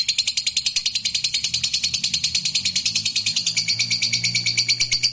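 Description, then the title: Lovebird delivering a fast, unbroken chattering trill, a dense string of shrill rasping pulses that holds on evenly throughout. Fighter lovebird giving ngekek panjang, a long trill. "Begitu Dengar Suara Lovebird FIGHTER NGEKEK PANJANG"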